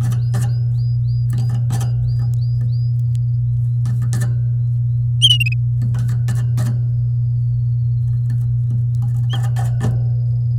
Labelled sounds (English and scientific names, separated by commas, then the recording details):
Domestic Canary (Serinus canaria) song
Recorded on 11 May 2018 at 08:08
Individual llb16